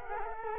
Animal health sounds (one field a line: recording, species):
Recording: mosquito wingbeat signal from an infrared sensor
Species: Culex quinquefasciatus